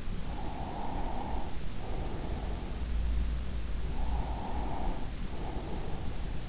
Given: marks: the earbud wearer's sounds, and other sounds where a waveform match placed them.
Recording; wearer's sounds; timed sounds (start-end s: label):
sounds in sleep by an in-ear microphone; breath
0.13-2.73 s: breath
3.81-6.07 s: breath